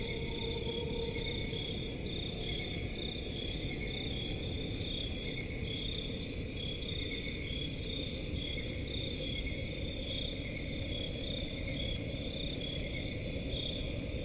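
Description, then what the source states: Crickets in a dense chorus of steady high trills and regularly pulsing chirps throughout, over continuous low rumbling, with a faint mid-pitched tone at the start. Crickets in a forest at night.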